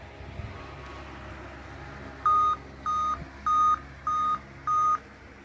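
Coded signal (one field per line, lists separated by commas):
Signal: beep code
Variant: laptop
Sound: five short even beeps at about 1.2 kHz, evenly spaced, over quiet background hum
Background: room hum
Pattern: 5 short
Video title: laptop keeps beeping | laptop beep sound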